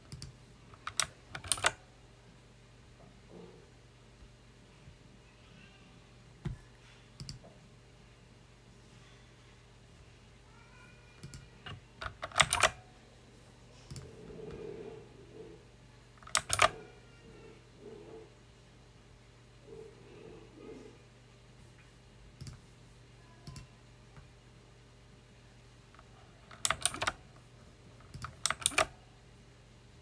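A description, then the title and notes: Close-up sound of a loud mechanical keyboard being used, with short bursts of sharp key clacks near the start, around the middle and toward the end, separated by quiet pauses. Softer muffled taps fill some gaps, over a steady low hum. You will hear a close-up recording of me working with a loud mechanical keyboard.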